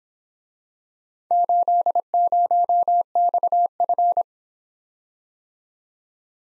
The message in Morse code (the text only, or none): 80XF